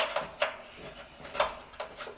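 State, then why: Not seated. A new thermal fuse, a small plastic-bodied part with a tab on its back, is handled near the metal blower housing mount of an Admiral dryer that is not heating. Short sharp knocks and taps are heard at about 0.2, 0.4, 1.4 and 1.8 seconds over a faint background. Nothing has seated or clicked yet.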